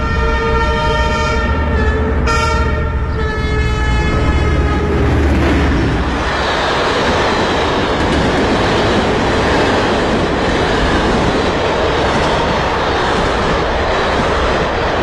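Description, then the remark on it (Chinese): A train horn blares with strong steady harmonic tones for the first few seconds, then gives way to the loud, continuous rumble and clatter of a train rolling past on the tracks, recorded from beside the railway. No one speaks. “张扬的爱情小故事先是从两个初中生讲起，男生王爱对各种声音感兴趣，这天他在铁路边录下了火车经过的声音。”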